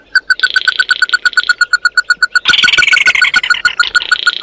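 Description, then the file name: Bird producing quick, regular piping notes with a faint buzz, then a harsher, louder chattering burst while the notes continue. "Tieng chim mat do"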